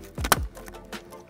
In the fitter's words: we go got it clicked in now for the second one which would be in the fourth flat